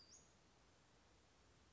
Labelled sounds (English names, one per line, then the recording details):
Western Flycatcher
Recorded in Sonoma County, California